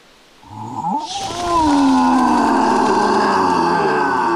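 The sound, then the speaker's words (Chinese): The giant Grawp, poked in the back with a long branch by Hagrid, gives a deep, growling roar that rises after a brief rumble and holds loud and steady, echoing through a silent forest, with no voices over it. “巨人发出一声咆哮，声音在寂静的近林里久久地回荡，栖息在树梢上的鸟叽叽喳喳地被惊起，向远处飞去。”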